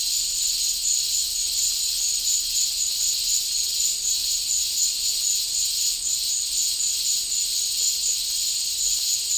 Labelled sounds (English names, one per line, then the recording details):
none
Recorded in dense forest near Puerto Asís, Putumayo, Colombia, on 21 December 2024 at 12:30
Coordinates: 0.485, -76.318
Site GP03